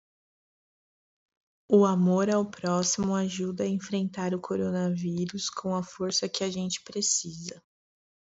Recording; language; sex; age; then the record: spoken sentence; Brazilian Portuguese; female; 30 to 39 years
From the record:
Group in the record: control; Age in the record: 31 years